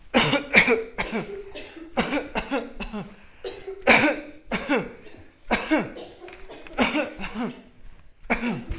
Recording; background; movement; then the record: voluntary coughing; a bystander coughing; walking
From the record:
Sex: male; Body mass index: 20.6 kg/m2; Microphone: on the chest, facing the body